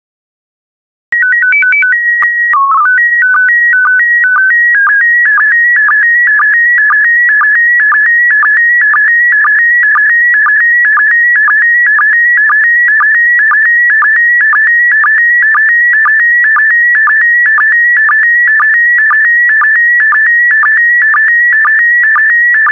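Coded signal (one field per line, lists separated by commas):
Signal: SSTV (slow-scan television)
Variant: PD120 mode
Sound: short header tones, then a steady warbling tone broken by rhythmic clicks twice a second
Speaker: Five, four, three, two, one. Thank you. Transmission complete. You can now check your decoded image against the picture that is shown on the video.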